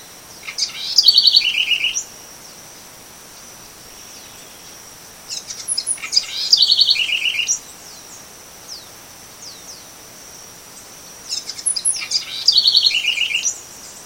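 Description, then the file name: Southern house wren singing three bubbly phrases, each a few sharp notes then quick rattling trills, spaced several seconds apart, with a steady high insect whine throughout. Recorded on a farm in Brazil on 24 August 2013. "Troglodytes-musculus-Faz Mt Verde-SFX-BR-24-8-13-ASilveira"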